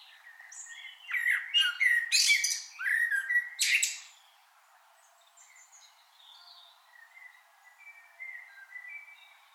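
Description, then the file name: Common blackbird song: a low fluted warble running into a burst of high squeaky twittering, then quieter phrases trailing off. "Turdus merula"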